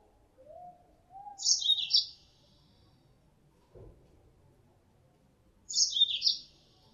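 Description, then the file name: Mozambique canary calls: a quick high chirping twittered burst, repeated about four seconds later. Female; lure sound. "suara pancingan mozambik betina"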